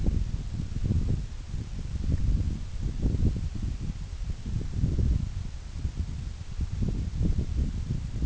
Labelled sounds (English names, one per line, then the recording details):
none
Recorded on Arctic tundra, site NAIT-1, on 26 June 2019
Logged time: 16:00